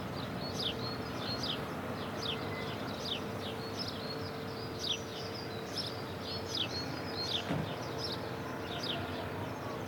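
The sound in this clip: Sparrow chirps, quick high notes coming in uneven bursts over constant low background noise.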